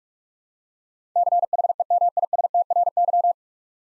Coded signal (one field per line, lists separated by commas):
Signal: Morse code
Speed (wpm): 45 wpm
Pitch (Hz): 700 Hz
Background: none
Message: CHEMISTRY